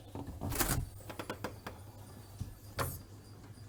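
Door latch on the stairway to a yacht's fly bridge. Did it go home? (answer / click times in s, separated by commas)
no / none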